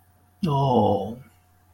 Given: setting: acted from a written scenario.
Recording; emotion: vocal sound without words; embarrassment